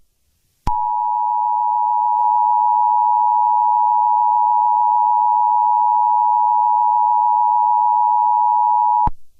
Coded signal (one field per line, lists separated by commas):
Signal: Emergency Alert System (SAME) tones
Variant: 853 and 960 Hz attention tone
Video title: Attack of the beasts: an EAS scenario